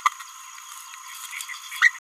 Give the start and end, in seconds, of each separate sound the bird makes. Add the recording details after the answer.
1.82-1.89. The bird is a male. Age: 29 days. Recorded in a nest box in Venezuela. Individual 17B31A1